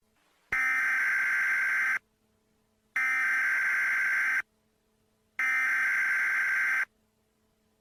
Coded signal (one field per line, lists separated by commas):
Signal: Emergency Alert System (SAME) tones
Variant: header bursts